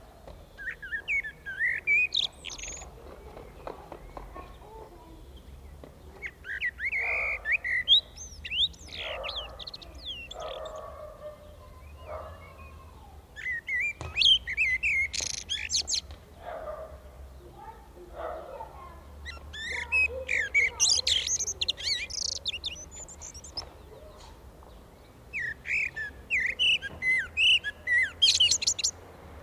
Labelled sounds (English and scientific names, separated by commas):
Common Blackbird (Turdus merula) song